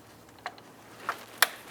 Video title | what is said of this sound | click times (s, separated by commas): How to Replace Intake Gaskets 2010-2013 Ford Transit Connect | listen for a click | 1.4 s